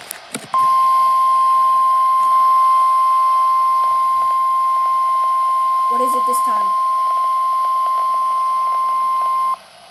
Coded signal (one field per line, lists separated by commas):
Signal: Emergency Alert System (SAME) tones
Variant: 1050 Hz attention tone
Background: speech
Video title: Severe Thunderstorm Warning Includes My City! (EAS #10) (6/11/2023)